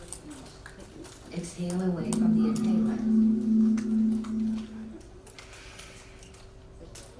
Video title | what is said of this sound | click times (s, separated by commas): H02101-2 | You'll hear a click. | 0.1 s